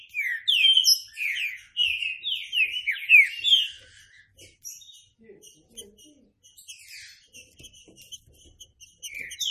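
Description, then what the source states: Green-winged saltator song: an energetic phrase of loud, slurred whistles, then several seconds of soft high chirps before one final whistle. Classic song style (canto clássico) used as a training recording.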